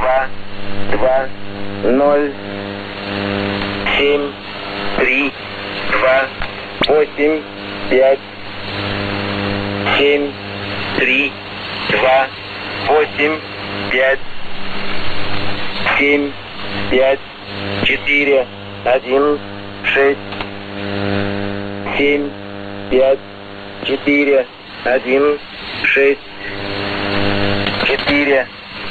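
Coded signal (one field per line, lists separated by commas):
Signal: numbers station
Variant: S06s, Russian language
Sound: man's voice reading short words at a steady pace over a droning hum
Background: radio hum and static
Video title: 16 02 2019 S06s Russian Man Numbers station in Russian to Eu 2008 on 5091 unknown tx site USB+AM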